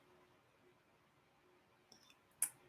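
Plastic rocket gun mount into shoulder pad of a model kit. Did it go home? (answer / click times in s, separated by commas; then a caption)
yes / 2.4 s. A plastic rocket gun mount is pushed into the shoulder pad of a Wing Gundam Zero EW model kit. After faint plastic ticks at 1.9 s and 2.1 s, a sharp, loud click lands at 2.4 s. The click is a good one, meaning the part is seated and set.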